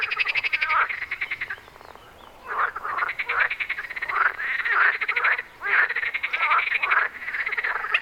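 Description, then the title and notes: Frogs croaking in a dense chorus of rattling pulsed calls, in bursts with brief lulls between. Wyspa Sobieszewska, Gdańsk, Poland. "Wyspa Sobieszewska, Gdańsk, Poland - Frogs. Żaby. rec Rafał Kołacki"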